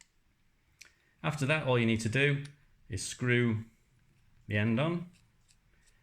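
The wired insert of a Phoenix Contact Sunclix solar DC plastic connector, used for Solax solar inverter battery wiring, is pushed into its main housing, giving sharp clicks at 0.0 s and 0.8 s. After the clicks, someone talks. The insert is seated, with the small internal clips engaged so it cannot come out.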